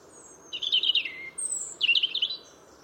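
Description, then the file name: European robin with two bursts of high, tinkling, warbled notes over a quiet hiss. "Erithacus rubecula"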